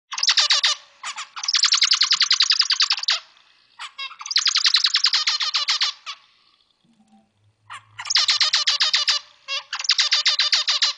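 Zebra finch singing buzzy, nasal strings of fast repeated notes in several dense bursts, with brief quiet gaps and a couple of short squeaks between phrases.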